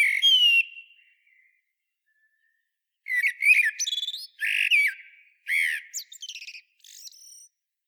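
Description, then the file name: Eurasian blackbird with a squeaky note, a pause, then a series of loud chattering, jumbled squeaky notes. "Turdus merula"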